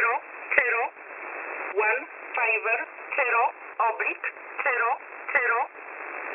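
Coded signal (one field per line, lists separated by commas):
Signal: numbers station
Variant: E11 Oblique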